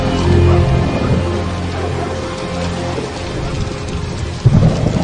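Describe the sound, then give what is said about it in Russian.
A thunderstorm begins over a market square in the Tangut kingdom in 1192: low, rolling thunder rumbles steadily beneath a constant hiss of the first falling rain, with a sharper crack of thunder near the end. No voices are heard. “Начинается гроза. Торговая площадь пустеет. Люди прячутся от первых капель дождя.”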